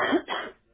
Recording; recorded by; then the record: voluntary cough; telephone call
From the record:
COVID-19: positive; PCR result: checked with the laboratory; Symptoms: yes